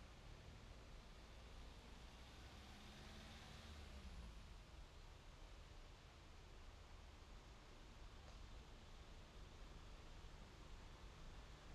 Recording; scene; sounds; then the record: everyday scene through a hearing-aid microphone; in traffic; traffic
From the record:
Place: main road on the outskirts, rush hour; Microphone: in the ear canal, left